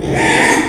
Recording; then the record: squeal of a Yucatan mini pig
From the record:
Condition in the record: after surgery on the right vocal fold (resection and tissue-engineered implant); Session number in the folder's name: 3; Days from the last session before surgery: 33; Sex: male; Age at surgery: 12 weeks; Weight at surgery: 13 kg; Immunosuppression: cyclosporine, prednisolone